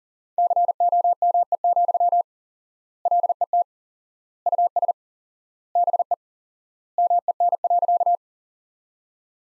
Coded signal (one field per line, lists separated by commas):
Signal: Morse code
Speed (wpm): 37 wpm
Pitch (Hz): 700 Hz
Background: none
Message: COME, LET US BE MEN.